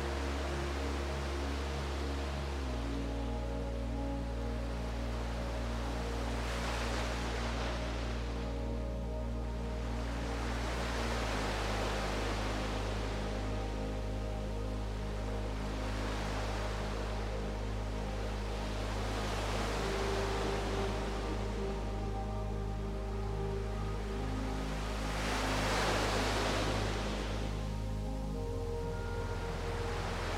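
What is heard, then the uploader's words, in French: Soft, slow music of held low tones and gentle chord changes plays over the sound of ocean waves. Broad hissing swells rise and fall every few seconds, peaking around 7, 15 and 26 seconds, while the deep sustained notes shift roughly every eight seconds. MUSIQUE Relaxante & Son des VAGUES pour une NUIT Paisible. Le doux mélange de mélodies apaisantes et du son naturel des vagues de l'océan.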